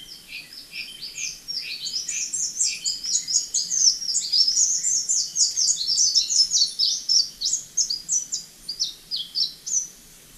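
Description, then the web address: Spectacled whitestart singing a long, fast string of high, bright chip notes that swells in the middle, then slows into separated sharp notes before fading. Recorded in Ecuador. "Birds of Ecuador. Spectacled Whitestart"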